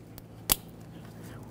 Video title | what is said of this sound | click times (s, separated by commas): How to Replace Upstream O2 Sensors 2006-2012 Ford Fusion 3.0L V6 | and press this into position listen for a click | 0.5 s